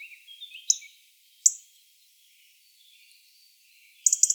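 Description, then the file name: European robin calls: sharp, high ticks near 0.7 and 1.5 seconds, then a quick burst of several ticks at the end, over faint thin warbling notes. "Erithacus rubecula"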